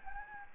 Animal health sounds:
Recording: mosquito wingbeat signal from an infrared sensor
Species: Anopheles gambiae

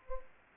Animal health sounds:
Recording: mosquito wingbeat signal from an infrared sensor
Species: Culex pipiens

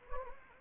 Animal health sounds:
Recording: mosquito wingbeat signal from an infrared sensor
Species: Anopheles gambiae

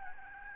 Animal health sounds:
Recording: mosquito wingbeat signal from an infrared sensor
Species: Aedes albopictus

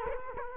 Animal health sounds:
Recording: mosquito wingbeat signal from an infrared sensor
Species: Culex quinquefasciatus

